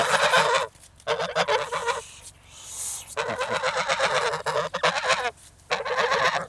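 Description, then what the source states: Goose: geese honking and hissing in harsh overlapping bursts; a short breathy hiss-like noise fills a gap in the middle before the calling resumes. Several angry geese, shouting and hissing, recorded close.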